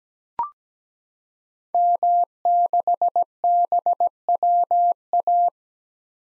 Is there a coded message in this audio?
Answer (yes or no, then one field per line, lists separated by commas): yes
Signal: Morse code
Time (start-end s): 1.7-5.5 s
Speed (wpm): 17 wpm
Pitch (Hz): 700 Hz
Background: none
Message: M6BWA